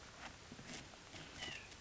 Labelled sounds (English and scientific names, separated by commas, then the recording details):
White-breasted Nuthatch (Sitta carolinensis)
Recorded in Sonoma County, California